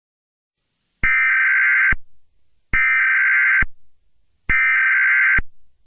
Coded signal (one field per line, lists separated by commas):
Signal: Emergency Alert System (SAME) tones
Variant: header bursts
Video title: EAS Scenario #15: Primal Groudon Destroys Christmas (A Christmas Scenario Special)